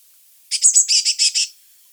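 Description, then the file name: Eurasian blue tit delivering one short, buzzy churr of about seven rapid rasping notes. "Cyanistes caeruleus"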